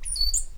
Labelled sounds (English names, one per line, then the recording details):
Stitchbird song
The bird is a male
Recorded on Tiritiri Matangi Island, New Zealand, in 2005
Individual 7, of nest box 9